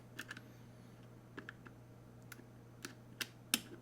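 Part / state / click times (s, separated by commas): aftermarket pistol part into the slide or frame / seated / 3.5 s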